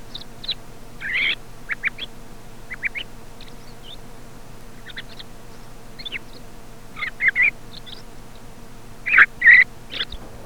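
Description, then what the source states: Thrush song: repeated brief phrases of high twittering and louder rich notes near the end, separated by short gaps, over a continuous low hum. Commercial lure recording, sold by a company from Càlig, for parany bird trapping.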